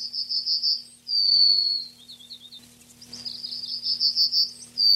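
Yellowhammer singing: a rapid run of high repeated notes ending in a long, slightly lower note, then a second run of repeated notes whose final long note begins at the end.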